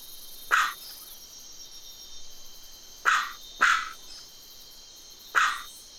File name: Mc GREGORS-BOWERBIRD